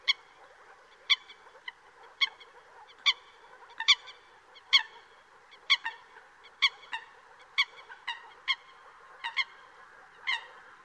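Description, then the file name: Eurasian coot giving short, sharp, explosive call notes, repeated roughly once a second throughout, over a steady background hiss. "Folaga"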